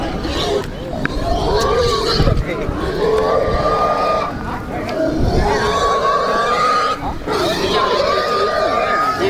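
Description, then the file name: Pig squealing in long, harsh, strained screams with brief breaks. "cochon"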